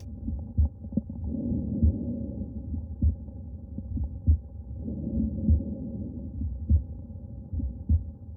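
Regular, low-pitched heartbeats at about 49 a minute, heard at the pulmonary point, the second intercostal space left of the sternum. An aortic ejection sound, an early systolic click just after the first heart sound, comes from a bicuspid aortic valve and is audible at every auscultation point.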